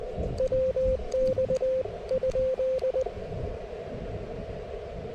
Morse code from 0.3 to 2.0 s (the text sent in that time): WX